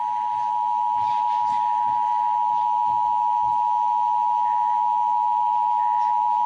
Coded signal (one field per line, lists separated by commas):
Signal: Emergency Alert System (SAME) tones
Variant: 853 and 960 Hz attention tone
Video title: (4 IN 1!) EAS Capture | National Periodic Test | 10/4/2023